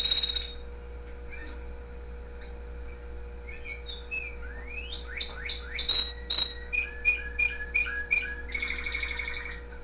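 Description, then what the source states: Canary song: a brief opening note, a quiet spell with a few soft chirps, then a burst of rising sweeping whistles and repeated bright notes, over a faint low hum. The owner's own canary.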